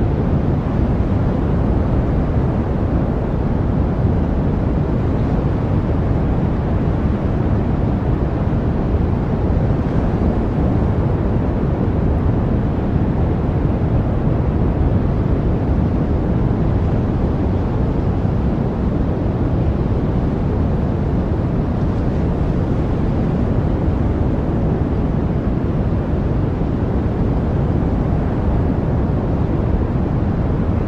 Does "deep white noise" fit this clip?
yes